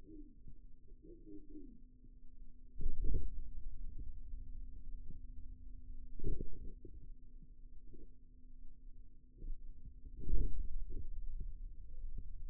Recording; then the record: forearm muscle sounds (acoustic myography)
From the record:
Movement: radial deviation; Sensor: system 2, bracelet of six BSWA MPA416 microphones around the upper forearm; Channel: 3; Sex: male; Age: 22 years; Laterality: right